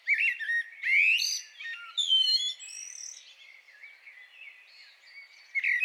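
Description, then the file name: Common blackbird singing clear whistled phrases with rising slurred notes, then fading into soft twittering before a new phrase begins. "Turdus merula"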